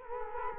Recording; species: mosquito wingbeat signal from an infrared sensor; Culex quinquefasciatus